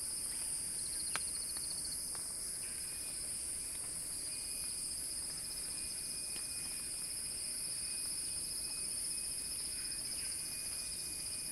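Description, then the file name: High cicada buzzing holds steady, with a rapid pulsed burst early on, a sharp click near the first second and faint scattered chirps. Cicadas singing in a crescendo. "Axel-Drioli Cicada-Crescendo-Sounding-Wild"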